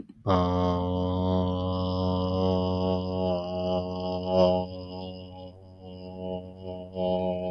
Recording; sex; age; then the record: vowel held as long as possible; male; 20 to 29 years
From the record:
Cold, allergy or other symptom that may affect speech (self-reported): no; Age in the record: 25 years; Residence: Texas, United States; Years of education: 19